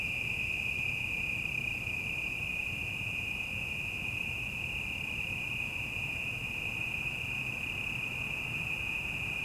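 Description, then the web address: Cicadas keep up a constant piercing drone, with a broad low hum of traffic far off beneath it. Quieter city ambience at night and evening, cicadas with distant traffic; 5.1 surround recording. "City Night Evening Ambience, Quieter, Cicadas, Distant Traffic. GDC 2019-Game Audio Bundle 2496 Sound Effects - Surround in The Night"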